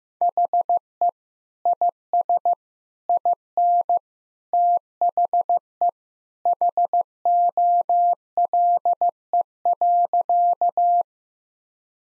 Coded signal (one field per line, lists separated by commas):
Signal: Morse code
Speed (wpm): 15 wpm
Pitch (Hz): 700 Hz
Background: none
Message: HE IS IN THE HOLE.